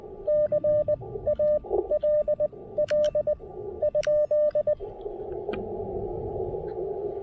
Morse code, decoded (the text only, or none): CALL ?